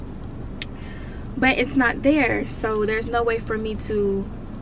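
Someone handles a necklace chain clasp whose latch cover piece is missing, so the clasp can't be closed properly. A faint short tick is heard at about 0.6 s before someone talks. Nothing has seated or clicked yet by the end of the clip.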